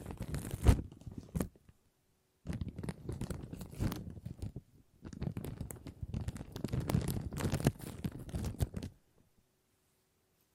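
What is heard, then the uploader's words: Plastic crinkles in dense, crackling bursts. Handling runs for about two seconds, pauses, then resumes from roughly 2.5 to 9 seconds with a brief lull near 4.5 seconds, with sharper snaps around 1 and 7.5 seconds before silence. ASMR Plastic Crinkle No Talking.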